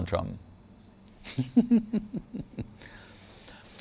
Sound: laughter